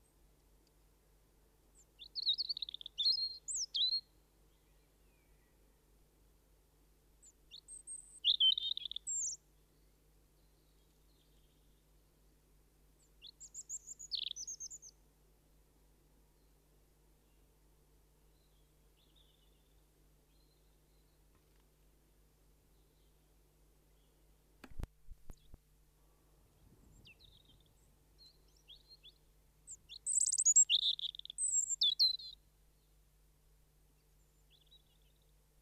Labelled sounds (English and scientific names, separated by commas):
European Robin (Erithacus rubecula) song